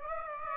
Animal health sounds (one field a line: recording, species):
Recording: mosquito wingbeat signal from an infrared sensor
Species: Aedes aegypti